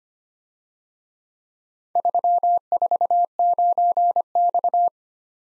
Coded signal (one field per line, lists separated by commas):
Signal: Morse code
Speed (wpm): 26 wpm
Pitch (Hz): 700 Hz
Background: none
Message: 349X